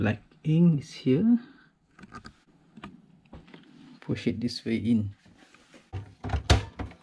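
A plastic ink cartridge is pushed into the cartridge holder of a Canon Pixma E3370 inkjet printer while someone talks. Faint taps and scrapes are followed by a loud, sharp snap at 6.5 s as the cartridge seats.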